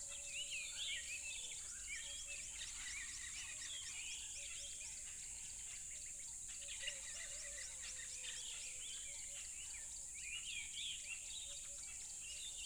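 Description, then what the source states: Crickets chirping in a steady, high-pitched shimmering chorus that runs throughout, with scattered bird calls and a low hum beneath. Tropical river setting.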